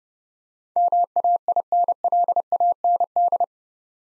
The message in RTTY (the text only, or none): none